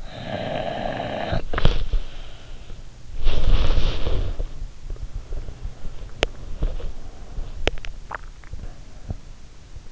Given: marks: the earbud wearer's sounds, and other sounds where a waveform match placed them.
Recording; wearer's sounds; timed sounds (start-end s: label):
sounds in sleep by an in-ear microphone; snoring breath, body movement, teeth grinding, swallowing
0.00-2.75 s: snoring breath
2.89-4.55 s: body movement
4.83-6.65 s: body movement
6.13-6.39 s: teeth grinding
7.54-8.40 s: swallowing
8.82-9.20 s: sound from someone else or the room